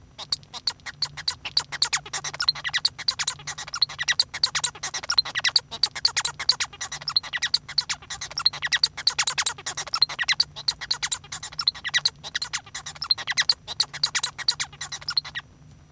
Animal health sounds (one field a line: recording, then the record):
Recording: song of a male Bengalese finch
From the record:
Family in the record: son of father 1